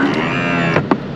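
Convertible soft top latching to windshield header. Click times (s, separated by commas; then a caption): 0.9 s. The powered convertible soft top of a 2015 Porsche Boxster S closes with a steady electric motor whine, and a softer knock comes at about 0.8 s. At 0.9 s the front latch locks automatically onto the windshield frame with a single sharp clunk, and the top is latched into place.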